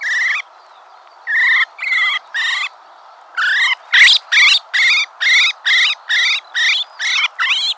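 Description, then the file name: Common blackbird uttering a few rasping calls, pausing briefly, then a longer run of similar buzzy notes. "Turdus merula"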